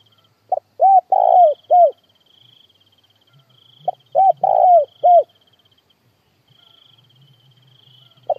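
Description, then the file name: Spotted dove cooing: a short lead note then three mellow, slightly arched coos, the phrase repeated, over a faint high insect buzz. Calling to gather the flock. "Tieng cu gay goi bay"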